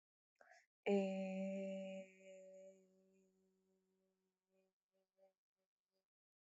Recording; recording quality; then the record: sustained vowel as in made; excellent, no background noise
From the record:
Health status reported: COVID-19 positive, mild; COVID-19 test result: positive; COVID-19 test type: rapid antigen test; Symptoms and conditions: fever, fatigue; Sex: female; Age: 22 years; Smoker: no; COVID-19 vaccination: both doses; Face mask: worn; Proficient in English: yes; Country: India